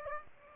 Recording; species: mosquito wingbeat signal from an infrared sensor; Aedes aegypti